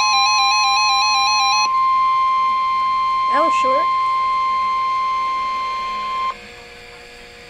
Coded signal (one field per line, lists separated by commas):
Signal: Emergency Alert System (SAME) tones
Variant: 1050 Hz attention tone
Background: speech, music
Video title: EAS number #3 (RWT)